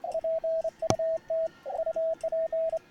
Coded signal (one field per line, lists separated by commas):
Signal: Morse code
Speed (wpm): 27 wpm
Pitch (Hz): 650 Hz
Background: radio noise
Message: PUT UP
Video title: I made a Multi Band vertical and RAG CHEW with the Bug Key